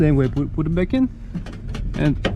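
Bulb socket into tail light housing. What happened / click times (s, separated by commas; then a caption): The part is being handled but has not clicked into place yet / none. A tail light bulb socket is handled as it goes back into the plastic tail light housing of a 2012–2017 Mazda CX-5, about to be twisted in. Someone talks throughout, with faint handling sounds underneath. Nothing has seated or clicked yet.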